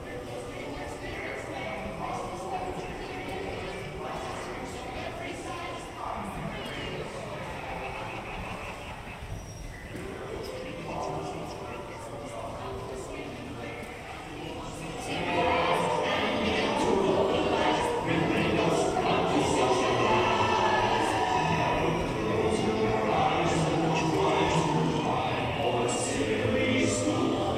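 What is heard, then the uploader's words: Dense murmur of voices inside a dark ride, with low rumbling and scattered clatter, swelling noticeably louder and busier at about fifteen seconds. Haunted Mansion (Magic Kingdom) Binaural Ride Along. In this episode we explore and ride on one of the big classics of the Disney Parks, Haunted Mansion inside of Magic Kingdom, Walt Disney World.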